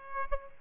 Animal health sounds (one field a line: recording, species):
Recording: mosquito wingbeat signal from an infrared sensor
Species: Aedes aegypti